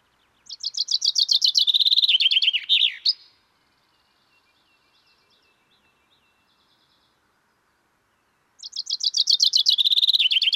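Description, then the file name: Common chaffinch song: a cascading trill that slides downward and ends in a sharp flourish, then a long quiet gap before the next phrase begins. "Fringilla coelebs"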